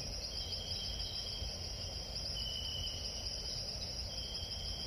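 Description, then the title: Crickets singing, a steady high trill with a slightly lower trill coming and going, over a broad low rumble of background noise. Jungle at night while camping. "jungle camping at night with crickets"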